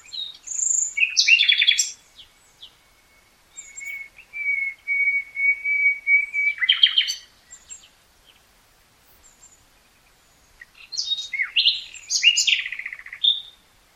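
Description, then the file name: Common nightingale song: loud varied phrases of rich chirps and trills, one long steady whistled note near the middle, separated by short pauses. "Luscinia megarhynchos"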